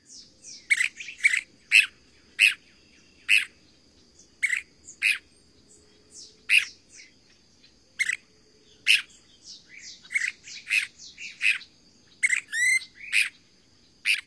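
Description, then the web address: Brown-crested flycatcher calling: many sharp whit notes and burry rolling calls at irregular intervals, with a steady high tone in the background. "Songs of Birds of North America Stokes. Brown-crested Flycatcher"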